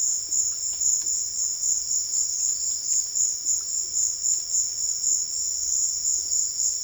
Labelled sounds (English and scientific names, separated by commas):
none